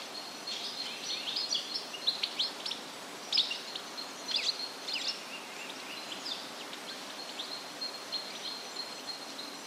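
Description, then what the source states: Birds chirping, many short high chirps and thin whistled notes overlapping in quick bursts, busiest in the first half, over a steady soft hiss. Woodland ambience in a forest setting.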